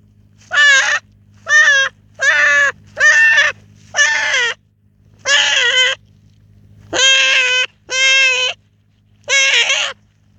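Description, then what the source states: Hare calls, nine short, strained, wailing cries in a loose series about a second apart, with a faint hum. In the UK.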